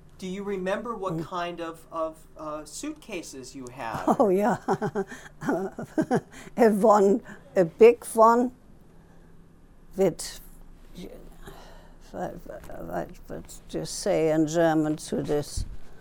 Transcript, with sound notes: Do you remember what kind of suitcases you had?
Oh, yeah. [Laughs] Had one, a big one with — let's just say in German for this.